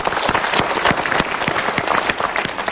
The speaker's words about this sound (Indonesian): Kita berikan tepuk tangan dulu.